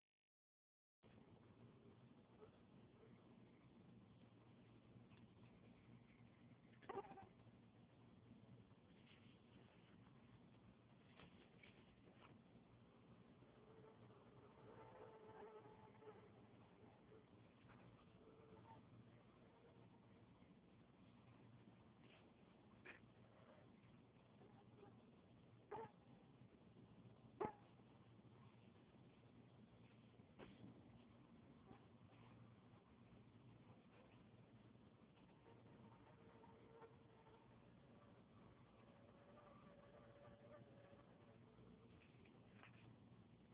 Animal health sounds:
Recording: mosquito flight sound by mobile phone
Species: Anopheles freeborni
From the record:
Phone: Huawei 866C

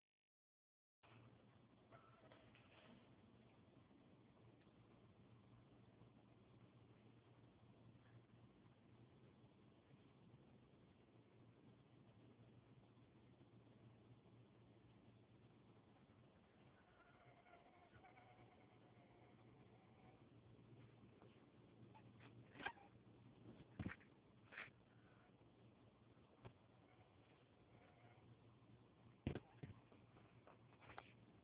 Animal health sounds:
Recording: mosquito flight sound by mobile phone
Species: Anopheles dirus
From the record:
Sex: male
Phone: Huawei 866C

